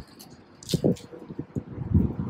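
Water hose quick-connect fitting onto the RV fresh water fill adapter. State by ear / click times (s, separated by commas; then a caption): not seated / none. A water hose quick-connect fitting is handled and lined up at the fresh water fill adapter of a 2017 Thor Motor Coach Chateau Super C 35SB, ready to be pushed into place. Light rustling and scattered plastic handling knocks are heard, with sharper taps around 0.6, 0.9, 1.6, 2.0 and 2.3 seconds. Nothing has seated or clicked yet.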